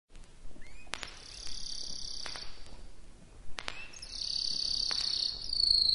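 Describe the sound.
Canary song in bursts: a long high trilled phrase, a pause with a few sharp clicks, then another sustained high rolling trill, over a faint low background hiss.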